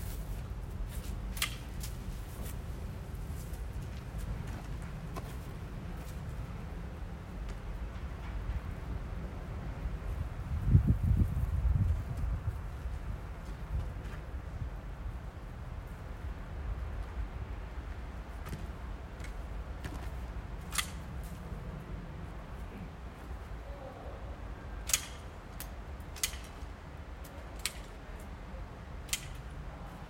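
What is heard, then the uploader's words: Pruning a backyard tree outdoors: sharp, brief snips and clicks come at irregular intervals, clustering more often after about twenty seconds. A low, steady outdoor rumble runs throughout, with a heavier thud and rustle around eleven seconds. Pruning the tree in the backyard.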